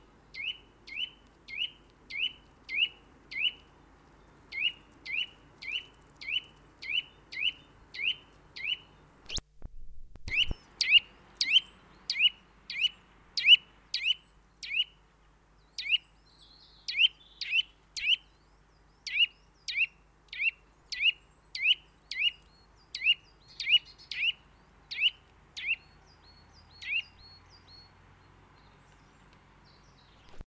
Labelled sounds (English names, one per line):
Eurasian Nuthatch song